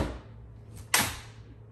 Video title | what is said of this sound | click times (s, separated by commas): MAXI COSI ZELIA TRAVEL SYSTEM - UNBOXING AND ASSEMBLY | okay that was the click that's right | 0.9 s